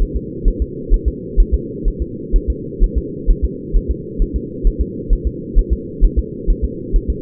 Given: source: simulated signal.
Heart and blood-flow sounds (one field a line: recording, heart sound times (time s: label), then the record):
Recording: fetal heart sounds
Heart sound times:
0.02 s: S1
0.16 s: S2
0.48 s: S1
0.62 s: S2
0.94 s: S1
1.08 s: S2
1.40 s: S1
1.54 s: S2
1.88 s: S1
2.02 s: S2
2.36 s: S1
2.50 s: S2
2.84 s: S1
2.98 s: S2
3.31 s: S1
3.45 s: S2
3.77 s: S1
3.91 s: S2
4.22 s: S1
4.36 s: S2
4.67 s: S1
4.81 s: S2
5.13 s: S1
5.27 s: S2
5.59 s: S1
5.73 s: S2
6.05 s: S1
6.19 s: S2
6.50 s: S1
6.65 s: S2
6.96 s: S1
7.10 s: S2
From the record:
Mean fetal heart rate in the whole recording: 130 bpm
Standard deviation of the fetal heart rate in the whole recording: 4 bpm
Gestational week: 38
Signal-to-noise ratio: -4.1 dB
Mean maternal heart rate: no maternal heart sound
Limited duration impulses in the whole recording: absent